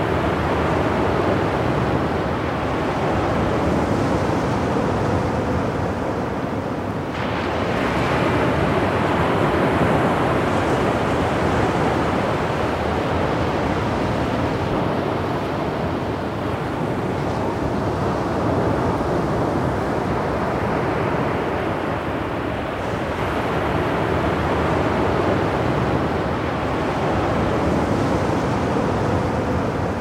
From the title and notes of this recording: Ocean Sounds For Deep Sleeping With A Dark Screen And Rolling Waves.